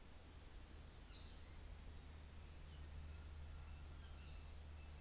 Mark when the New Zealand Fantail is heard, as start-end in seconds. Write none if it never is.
0.25-2.28